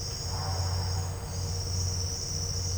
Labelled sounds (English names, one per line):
none